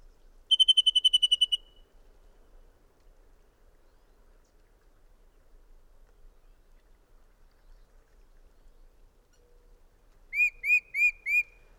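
Bird song: a fast, even trill of high notes, a long silence, then four rising, slurred whistles near the end.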